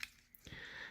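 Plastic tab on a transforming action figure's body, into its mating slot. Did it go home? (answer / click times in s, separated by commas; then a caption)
yes / 0.0 s. A plastic tab on the body of a Transformers War for Cybertron Siege Deluxe Ironhide action figure is pushed into its mating slot after the body is swung around on a rotation joint during its robot-to-vehicle transformation. A sharp click is heard at 0.0 s as the tab seats in place, followed by softer plastic handling noises around 0.3 and 0.5 s.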